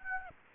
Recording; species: mosquito wingbeat signal from an infrared sensor; Aedes aegypti